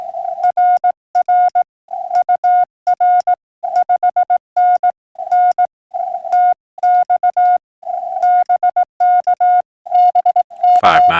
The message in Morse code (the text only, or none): RR UR 5NN TX BK BK